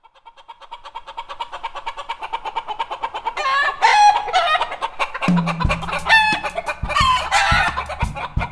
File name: chickens